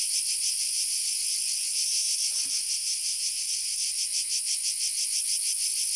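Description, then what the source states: Cicadas singing a dense, high, rasping drone, pulsing several times a second, with a single soft low knock midway. Two cicada species together; Sardinia, Sassari, Patada to Oshiri road north of Mount Pedralunga, 300 m; 16 July 1990, 14:30; very hazy sun, 35 °C; UHER 4200 recorder, AKG D202 microphone.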